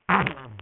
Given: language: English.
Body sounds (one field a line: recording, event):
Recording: throat vibration sensor signal played as sound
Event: throat clearing